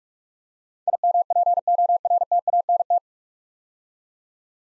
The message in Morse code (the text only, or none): IMPORTANT